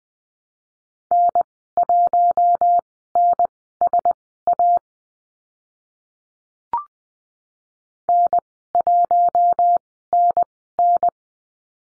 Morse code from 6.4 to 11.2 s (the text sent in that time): N1NN